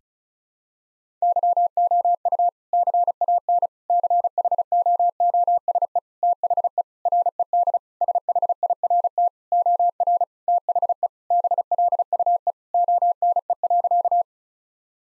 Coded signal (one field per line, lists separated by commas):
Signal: Morse code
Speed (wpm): 34 wpm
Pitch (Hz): 700 Hz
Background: none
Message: YOU CAN CHOOSE THE RED SHIRT OR THE BLUE ONE.